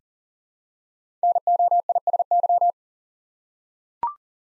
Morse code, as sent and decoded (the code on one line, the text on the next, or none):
-. --- .. ... -.--
NOISY